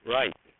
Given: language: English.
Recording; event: throat vibration sensor signal played as sound; speech